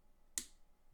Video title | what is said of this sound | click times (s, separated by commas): LEGO Town - Classic - Set 6511-1 - (1992) Rescue Runabout - Fire Scout | Oh, that was a good click. | 0.4 s